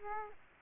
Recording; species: mosquito wingbeat signal from an infrared sensor; Culex quinquefasciatus